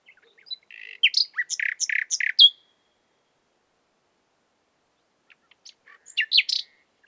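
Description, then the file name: Common nightingale singing a short run of loud, evenly spaced chirps, silence, then a brief burst of sharp notes. "Luscinia megarhynchos"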